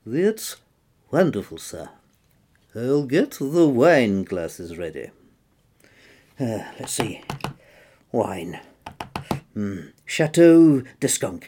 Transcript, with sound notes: That’s wonderful, Sir. I’ll get the wine glasses ready.
[tapping on phone] Let’s see… wine… Chateau de Skunk…